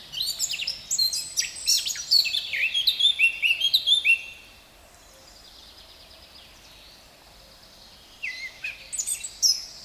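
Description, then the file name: Eurasian blackcap song, a four-second stream of tumbling whistled notes, a quiet interval, then a brief second outburst. "Sylvia atricapilla"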